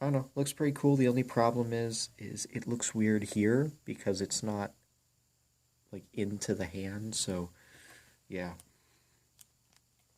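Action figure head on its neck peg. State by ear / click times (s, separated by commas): released / 9.4 s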